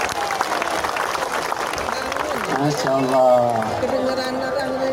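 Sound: audience applause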